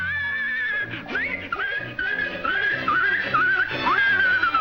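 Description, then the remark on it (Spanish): A voice imitates a horse's whinny in a Spanish-language dub of a Looney Tunes cartoon, a character claiming to be a horse: a series of high, wavering, sliding squeals that rise and fall in pitch, repeated several times over a few seconds at steady loudness. “Bueno, yo soy un caballo, digo, soy un caballo, eso soy.”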